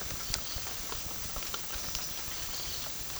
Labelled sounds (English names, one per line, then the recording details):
none
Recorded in pastures near Puerto Asís, Putumayo, Colombia, on 30 June 2025 at 13:00
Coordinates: 0.466, -76.322
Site GP07